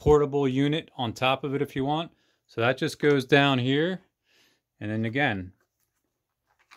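A plastic power-cord wrap hook is being handled and pushed down toward its slot on the plastic handle body of a Eureka PowerSpeed NEU280 stick vacuum while someone talks. Nothing has seated or clicked yet; the clip ends just before the hook goes home.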